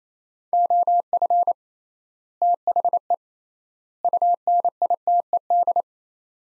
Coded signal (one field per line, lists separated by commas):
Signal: Morse code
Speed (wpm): 28 wpm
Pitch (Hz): 700 Hz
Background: none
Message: OF THE UNITED